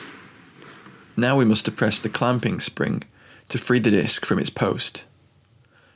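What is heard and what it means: A catch spring on the action of a Heckler & Koch G11 rifle is lifted and moved clockwise until it clicks into position at 0.6 s, freeing the control disc. After the click, someone talks.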